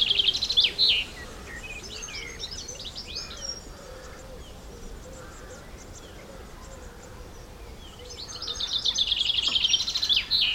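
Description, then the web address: Bird song: loud, fast high trills at the start and again at the end, with quieter scattered chirps and whistles between them. Countryside birds. "Birds Country"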